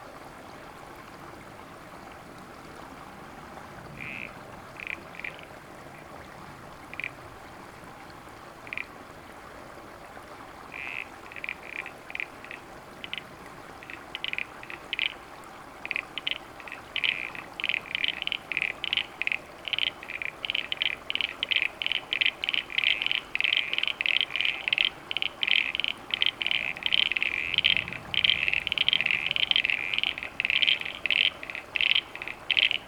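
Small froglets call in short, bright clicking pulses, sparse and scattered at first, then swelling into a dense, rapid chorus over steady background hiss.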